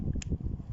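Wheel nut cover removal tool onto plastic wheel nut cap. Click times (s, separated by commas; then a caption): 0.2 s. A wheel nut cover removal tool is pushed over the plastic fake top of a wheel nut on a Nissan Qashqai so it clips on each side. A sharp, bright click at 0.2 s shows the tool has seated onto the cap, with faint low knocks and handling noise around it. The tool is confirmed attached, since a wrench on the fake tops would likely snap them.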